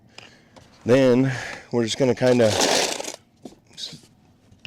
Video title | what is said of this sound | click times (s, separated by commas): Tesla Maintenance - NEW Cabin Air Filter - Model 3 and Y!!! | I don't want to forget that you know push that until you hear a click | 0.2 s